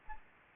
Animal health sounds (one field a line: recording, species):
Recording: mosquito wingbeat signal from an infrared sensor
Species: Aedes aegypti